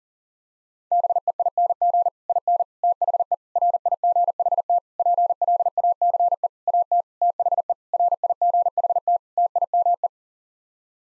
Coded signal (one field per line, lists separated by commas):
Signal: Morse code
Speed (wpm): 40 wpm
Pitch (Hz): 700 Hz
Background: none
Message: BEING IN THE RIGHT PLACE AT THE RIGHT TIME